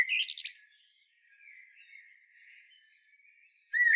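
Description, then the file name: Common blackbird song: the end of a high squeaky twitter, a faint soft warble, then a fresh fluty phrase starting. "Turdus merula"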